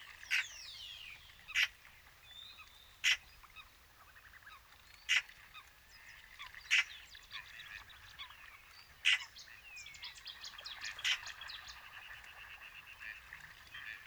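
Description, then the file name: Eurasian magpie calling with short, harsh, scratchy notes repeated irregularly, while a chorus of other songbirds twitters and whistles, growing busier toward the end. "Pica pica"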